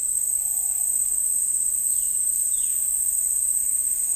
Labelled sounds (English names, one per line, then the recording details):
Ruddy Pigeon
Violaceous Jay
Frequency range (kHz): Ruddy Pigeon 0.2-1.1 kHz; Violaceous Jay 2.0-4.2 kHz
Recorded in dense forest near Puerto Asís, Putumayo, Colombia, on 21 February 2024 at 09:00
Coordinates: 0.484, -76.317
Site G6464